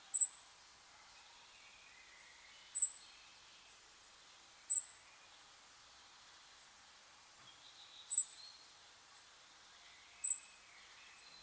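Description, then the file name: European robin call series: piercing high notes, short and sharp, roughly one per second, with faint quieter sounds lower down. "Erithacus rubecula"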